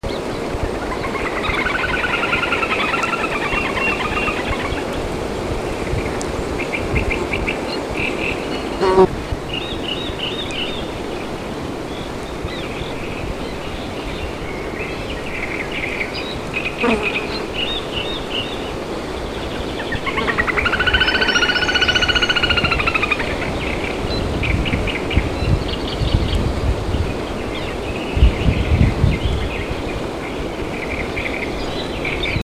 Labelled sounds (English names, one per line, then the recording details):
Little Grebe call
Great Reed Warbler
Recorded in the wild
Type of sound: call
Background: Acrocephalus arundinaceus
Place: Petershain, Niederlausitz, Sachsen, DE
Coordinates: 51.3167, 14.7514
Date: 1963-06-10
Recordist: Meyer, Hugo
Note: Trillern